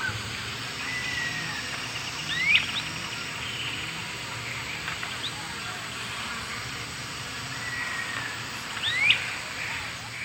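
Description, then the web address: Great crested flycatcher calls: sharp upslurred whistles near the start and end, with fainter whistled notes between and constant insect buzz behind. Eastern lowlands. "Natures Songs S America Eastern Lowlands. Great Crested Flycatcher"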